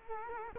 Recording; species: mosquito wingbeat signal from an infrared sensor; Culex quinquefasciatus